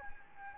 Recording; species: mosquito wingbeat signal from an infrared sensor; Anopheles gambiae